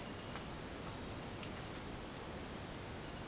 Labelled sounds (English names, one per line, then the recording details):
none
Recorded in pastures near Puerto Asís, Putumayo, Colombia, on 12 March 2025 at 06:00
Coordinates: 0.505, -76.324
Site GP08